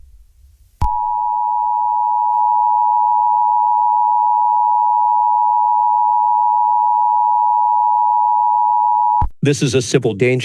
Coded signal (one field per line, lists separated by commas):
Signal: Emergency Alert System (SAME) tones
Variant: 853 and 960 Hz attention tone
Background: speech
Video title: EAS Scenario 3. Technology rebels